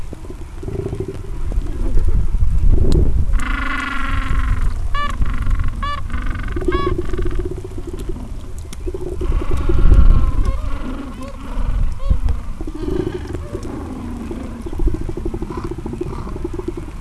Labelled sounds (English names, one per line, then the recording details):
Gentoo Penguin
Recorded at the colony at Gold Harbour, on 26 December 2014
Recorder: Song Meter SM2+